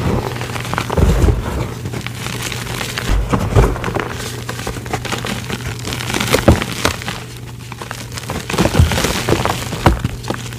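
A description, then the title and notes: Soft gym chalk is crushed by hand in quick, irregular bursts, with crumbly, crackling snaps around one, three and a half, six and a half, and nine seconds. A low steady hum runs underneath throughout. Crushing dyed gym chalk with Pinesol, Fabuloso, cleaning foam spray, baby powder, cornstarch, dish soap, and more!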